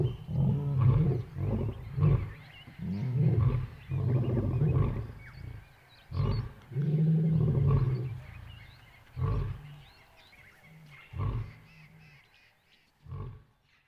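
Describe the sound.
Lion roaring, deep grunting roars in a series of bursts that shorten and fade toward the end.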